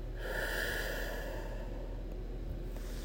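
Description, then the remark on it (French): A single long, steady exhale during a guided breathing exercise, soft and breathy, stretching for about three seconds with no talking over it. “Retiens, laisse passer cette lumière dans ta tête, ton corps, tes bras, tes mains, tes jambes, tes pieds et souffle.”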